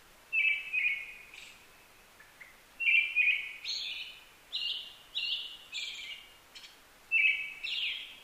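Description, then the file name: Brown-headed thrush song: a whistled phrase followed by a run of higher notes, repeated every few seconds. Recorded 15 May 2010 at 18:56. "akahara-20100515-1856"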